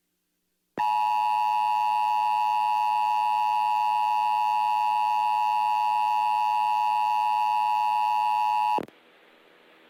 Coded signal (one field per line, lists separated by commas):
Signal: Emergency Alert System (SAME) tones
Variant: 853 and 960 Hz attention tone